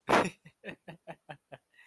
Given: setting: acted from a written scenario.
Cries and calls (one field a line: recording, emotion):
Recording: vocal sound without words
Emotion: amusement